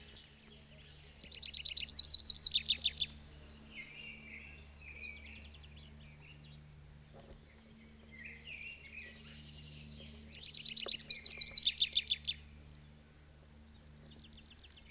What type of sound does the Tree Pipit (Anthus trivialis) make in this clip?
song